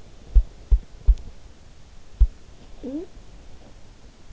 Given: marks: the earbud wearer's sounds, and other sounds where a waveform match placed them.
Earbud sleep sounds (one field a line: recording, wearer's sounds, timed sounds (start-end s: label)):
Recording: sounds in sleep by an in-ear microphone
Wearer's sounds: body movement, talking in sleep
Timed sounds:
0.00-1.07 s: body movement
1.79-2.43 s: body movement
2.74-3.23 s: talking in sleep